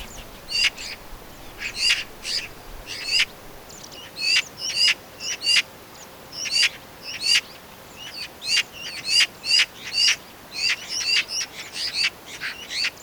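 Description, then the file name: Eurasian magpie chattering loudly, dry grating notes in rapid clusters repeated throughout. "Pica pica"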